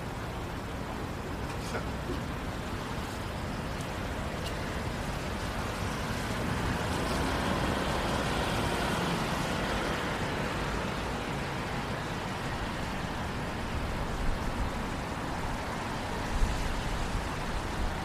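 A walk downtown on a rainy night, filled with a steady wash of noise that swells gently through the middle and eases toward the end. A low rumble of traffic runs underneath, with a few sharp ticks and knocks near the end.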